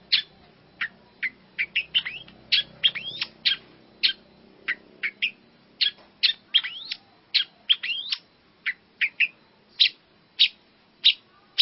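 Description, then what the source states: Long-tailed shrike song: varied sharp chirps and quick upward and downward whistled notes, delivered in rapid bursts separated by short pauses. Combination song track of mixed, mimicked phrases, used for training birds.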